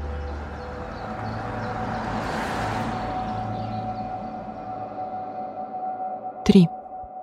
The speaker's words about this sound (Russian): По трассе пронеслась груженная фура. Ее обогнала легковушка.